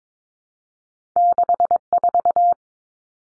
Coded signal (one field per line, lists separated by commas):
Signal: Morse code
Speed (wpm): 22 wpm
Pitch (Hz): 700 Hz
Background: none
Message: 64